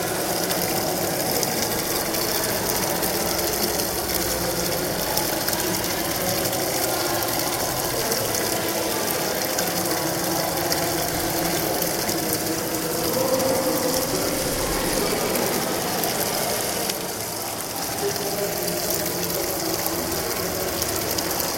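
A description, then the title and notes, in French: Inside a thermal bath hall, a dense, steady wash of running and splashing water fills the space, with a rattling, crackling texture and a boomy, echoing low end. The level holds nearly constant, easing slightly around seventeen seconds before returning. Budapest, les thermes Rudas.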